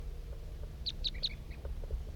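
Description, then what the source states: Crossbill flight calls, three sharp high chips in quick succession over low wind rumble. Wild male crossbill, small, flying in high overhead with undulating flight toward a calling bird on a hilltop, around 8:21.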